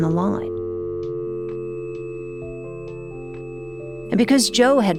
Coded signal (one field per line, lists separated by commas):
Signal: telephone call progress tone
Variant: North America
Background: speech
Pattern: dial tone